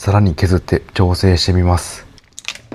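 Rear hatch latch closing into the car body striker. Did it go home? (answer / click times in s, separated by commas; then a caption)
yes / 2.5 s. Someone talks, then the rear hatch of a kei car is shut after more material is scraped away and the weatherstrip is cut so the air-conditioner hose can pass. The hatch latch catches into the car body striker with a sharp thunk at 2.5 s, just after a smaller tick at 2.4 s, and the hatch is closed.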